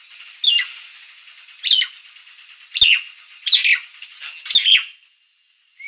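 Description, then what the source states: Nias hill myna calling with five loud, grating notes spaced unevenly over five seconds, a steady hiss beneath, then brief quiet. Described as a persistently singing (gacor), noisy (berisik) Nias myna.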